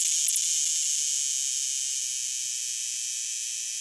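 Cicada call: a dense, continuous high-pitched buzz with a few brief clicks near the start, easing slightly in loudness throughout.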